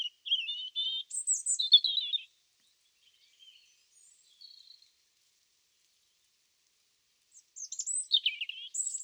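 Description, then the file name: European robin song: high, thin warbling phrases with trills and slurred notes, one burst lasting two seconds, a pause, then another phrase near the end. "Erithacus rubecula"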